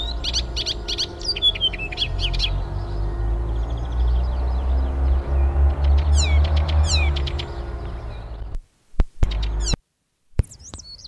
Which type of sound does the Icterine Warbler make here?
song